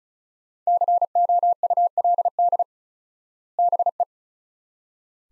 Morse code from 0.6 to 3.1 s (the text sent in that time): COULD